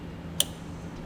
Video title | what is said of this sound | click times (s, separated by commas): etrailer - Trailer Wiring Harness Installation - 2017 Subaru Forester | you want to make sure it clicks so that you know it's secure | 0.4 s